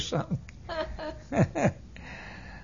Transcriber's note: They Laugh